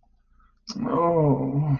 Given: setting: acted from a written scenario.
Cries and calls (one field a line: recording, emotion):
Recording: vocal sound without words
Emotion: guilt